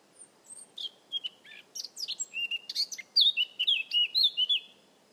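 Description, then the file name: Eurasian blackcap song: scratchy, twittering high notes that build into a loud, clear fluty warble of rising and falling phrases over about five seconds. "Sylvia atricapilla"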